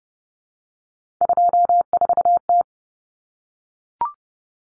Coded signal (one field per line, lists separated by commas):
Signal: Morse code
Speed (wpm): 30 wpm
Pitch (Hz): 700 Hz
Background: none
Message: 24T